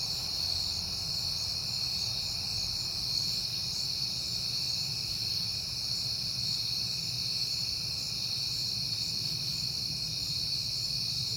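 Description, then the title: Crickets trill constantly in a dense high chorus over a low rumble. Crickets recorded at night in September, heard often lately, on a peaceful night. "Night Time: Crickets and Passing Cars"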